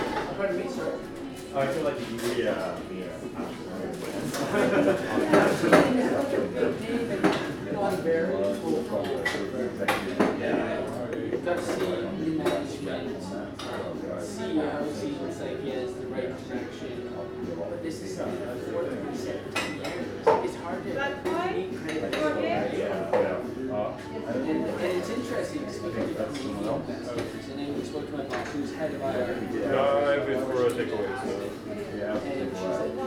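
A crowded, trendy coffee shop full of young people fills with a dense, steady murmur of overlapping voices. Frequent sharp clinks of cups, dishes and cutlery cut through the chatter throughout, with a slightly louder burst of talk around six seconds.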